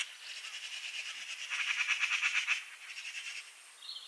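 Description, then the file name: Eurasian magpie chattering steadily in a harsh, rapid rattle that peaks midway, then fades, ending with a short higher squeaky note. "Pica pica"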